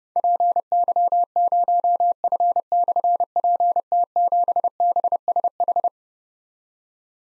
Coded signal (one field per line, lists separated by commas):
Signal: Morse code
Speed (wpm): 30 wpm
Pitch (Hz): 700 Hz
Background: none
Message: PY0F/PT7BSH